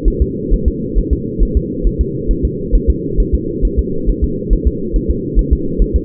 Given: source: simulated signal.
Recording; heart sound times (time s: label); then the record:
fetal heart sounds
0.08 s: S1
0.22 s: S2
0.53 s: S1
0.68 s: S2
0.98 s: S1
1.13 s: S2
1.43 s: S1
1.57 s: S2
1.87 s: S1
2.01 s: S2
2.31 s: S1
2.45 s: S2
2.75 s: S1
2.90 s: S2
3.20 s: S1
3.34 s: S2
3.65 s: S1
3.79 s: S2
4.09 s: S1
4.24 s: S2
4.53 s: S1
4.68 s: S2
4.96 s: S1
5.11 s: S2
5.39 s: S1
5.53 s: S2
5.82 s: S1
5.96 s: S2
From the record:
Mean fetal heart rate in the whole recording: 135 bpm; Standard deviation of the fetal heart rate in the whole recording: 3 bpm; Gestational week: 36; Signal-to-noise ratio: -6.6 dB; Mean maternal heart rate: 72 bpm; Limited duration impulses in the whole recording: present